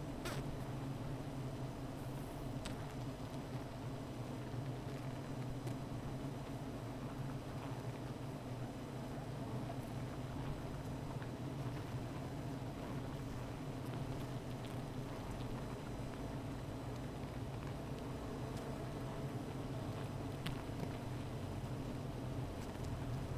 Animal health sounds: honeybee colony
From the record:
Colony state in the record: missing queen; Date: 14 July 2017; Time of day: 15:32

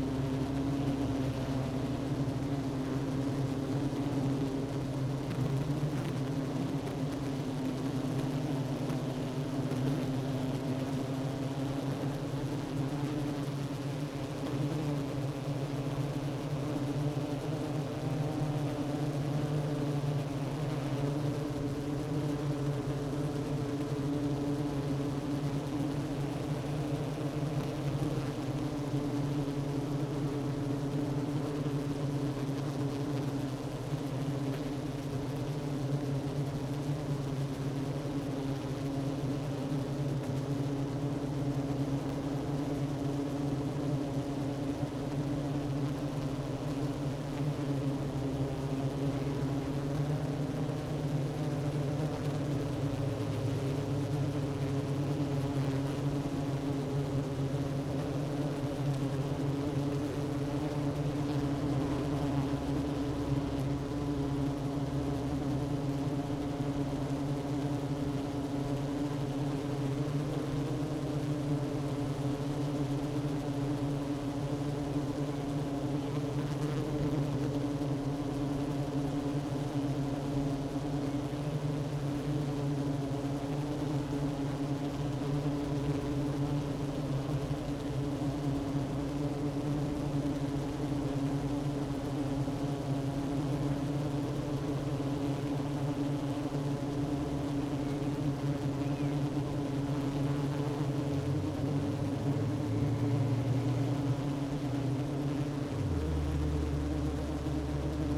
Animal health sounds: honeybee colony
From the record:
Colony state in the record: active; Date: 12 June 2018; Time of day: 10:40

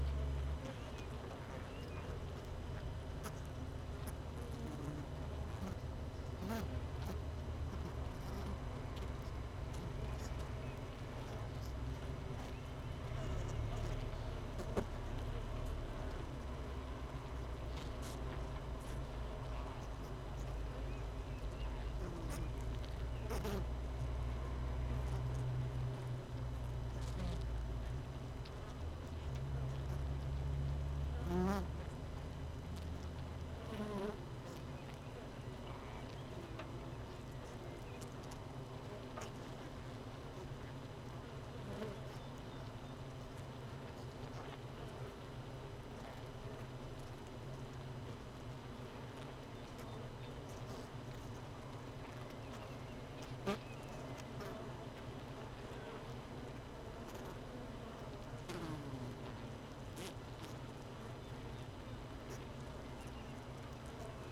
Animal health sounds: honeybee colony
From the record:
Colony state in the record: missing queen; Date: 31 May 2018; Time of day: 17:30

